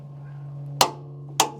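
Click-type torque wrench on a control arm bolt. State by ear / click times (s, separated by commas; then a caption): torque reached / 0.8 s, 1.4 s. A Harbor Freight click-type torque wrench with a twist-set handle, set to 125 ft-lbs, is pulled on a Jeep control arm bolt until it breaks over. Two sharp pops ring out at 0.8 s and 1.4 s over a steady low hum. Each pop shows the bolt has reached 125 ft-lbs of torque.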